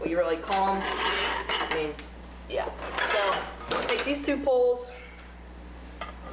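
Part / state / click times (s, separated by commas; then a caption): leg support pole joined into the matching pole section of an animatronic figure / seated / 6.0 s. During setup of an animatronic clown prop, someone talks while two tubular leg support poles are pushed together into the matching pole section. A sharp snap at 6.0 s marks the snap-lock catching, and the poles are seated together perfectly.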